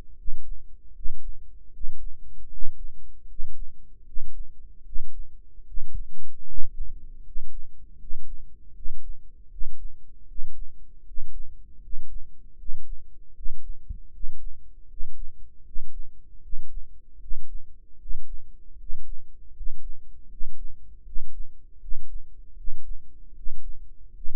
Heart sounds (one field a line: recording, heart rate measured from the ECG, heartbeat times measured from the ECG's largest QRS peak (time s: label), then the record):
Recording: heart sounds by microphone in the right ear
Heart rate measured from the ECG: 78 bpm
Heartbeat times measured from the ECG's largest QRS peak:
0.17 s: heartbeat
0.94 s: heartbeat
1.72 s: heartbeat
2.50 s: heartbeat
3.27 s: heartbeat
4.05 s: heartbeat
4.84 s: heartbeat
5.65 s: heartbeat
6.46 s: heartbeat
7.23 s: heartbeat
7.98 s: heartbeat
8.73 s: heartbeat
9.49 s: heartbeat
10.26 s: heartbeat
11.04 s: heartbeat
11.80 s: heartbeat
12.57 s: heartbeat
13.34 s: heartbeat
14.11 s: heartbeat
14.87 s: heartbeat
15.63 s: heartbeat
16.41 s: heartbeat
17.19 s: heartbeat
17.98 s: heartbeat
18.77 s: heartbeat
19.53 s: heartbeat
20.28 s: heartbeat
21.04 s: heartbeat
21.79 s: heartbeat
22.55 s: heartbeat
23.33 s: heartbeat
24.12 s: heartbeat
From the record:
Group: healthy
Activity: rest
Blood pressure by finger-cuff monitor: 102/65 mmHg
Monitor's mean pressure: 73 mmHg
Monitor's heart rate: 78 bpm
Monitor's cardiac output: 6.3 L/min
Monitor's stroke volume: 81 mL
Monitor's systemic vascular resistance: 830 dyn s/cm5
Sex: male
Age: 35 years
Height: 180 cm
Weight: 86.9 kg